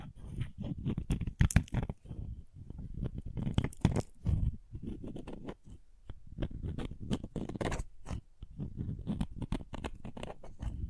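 Crayons being worked against paper and each other, with a dense run of short, crisp clicks and scratchy scrapes that never settle into a steady beat. The sounds come in bursts, briefly thinning near the middle and again around eight seconds.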